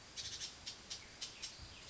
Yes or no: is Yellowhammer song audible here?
no